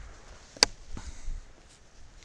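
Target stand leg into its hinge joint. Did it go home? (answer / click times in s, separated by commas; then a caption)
yes / 0.6 s. The legs of a steel target stand are spread into an A-frame, and a leg pops into its hinge joint with a sharp, bright click at 0.6 s, locking in place. Softer, duller knocks and handling sounds follow. The joint is seated.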